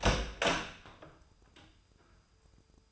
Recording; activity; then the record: daily activity, microphone in the room; open door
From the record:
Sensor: 2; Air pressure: 996.0 hPa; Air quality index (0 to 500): 61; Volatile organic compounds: 3 ppm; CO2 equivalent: 1325 ppm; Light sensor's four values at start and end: 11/27/11/12 and 11/27/11/12